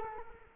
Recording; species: mosquito wingbeat signal from an infrared sensor; Culex quinquefasciatus